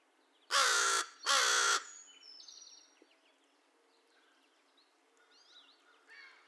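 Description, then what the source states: American crow giving two rough caws back to back at the start, then quieter chirps and twitters from other birds. Recorded 2 May 2020; the recording holds 22 caw-caws and one caw.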